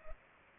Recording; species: mosquito wingbeat signal from an infrared sensor; Culex pipiens